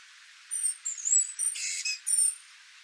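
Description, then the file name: Great tit calling with high thin whistles, then a harsh buzzy burst in the middle and a final bright whistled note. "Parus major"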